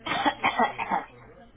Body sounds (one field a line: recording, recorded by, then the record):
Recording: voluntary cough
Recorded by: telephone call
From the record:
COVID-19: negative